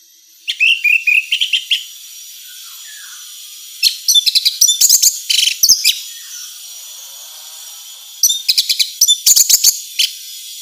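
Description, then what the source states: Orange-headed thrush song: three groups of quick, repeated high chirping notes separated by short pauses, over a constant hissing background. Female.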